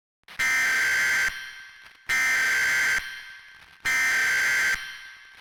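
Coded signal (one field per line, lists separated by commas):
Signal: Emergency Alert System (SAME) tones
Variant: header bursts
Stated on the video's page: Fictional alternative EAS scenario.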